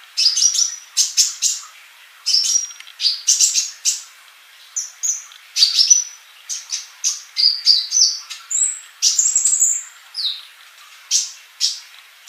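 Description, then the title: Bird song of high, sharp chirps and whistled notes, many quick phrases with short pauses, some notes sliding down, steady throughout. "Kicau Burung"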